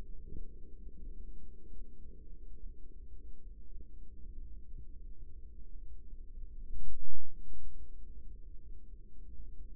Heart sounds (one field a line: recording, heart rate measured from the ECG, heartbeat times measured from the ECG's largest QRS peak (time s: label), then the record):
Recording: heart sounds by microphone in the right ear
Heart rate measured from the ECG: 75 bpm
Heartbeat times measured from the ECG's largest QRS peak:
0.01 s: heartbeat
0.91 s: heartbeat
1.70 s: heartbeat
2.53 s: heartbeat
3.37 s: heartbeat
4.20 s: heartbeat
4.95 s: heartbeat
5.73 s: heartbeat
6.53 s: heartbeat
7.31 s: heartbeat
8.08 s: heartbeat
8.83 s: heartbeat
9.60 s: heartbeat
From the record:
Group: healthy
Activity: cold pressor test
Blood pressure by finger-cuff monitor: 107/62 mmHg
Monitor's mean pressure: 81 mmHg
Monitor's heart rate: 75 bpm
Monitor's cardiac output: 6.5 L/min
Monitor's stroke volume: 88 mL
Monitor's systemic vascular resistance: 910 dyn s/cm5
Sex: female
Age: 24 years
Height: 163 cm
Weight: 55.7 kg